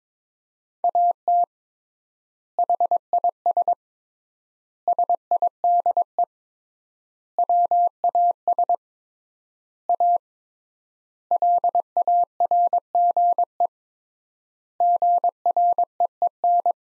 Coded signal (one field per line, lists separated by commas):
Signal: Morse code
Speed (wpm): 22 wpm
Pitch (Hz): 700 Hz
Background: none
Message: AT HIS SIDE WAS A LARGE GREEN